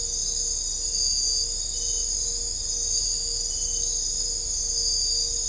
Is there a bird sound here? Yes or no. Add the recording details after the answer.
no. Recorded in dense forest near Puerto Asís, Putumayo, Colombia, on 21 December 2024 at 01:30. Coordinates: 0.500, -76.322. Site G053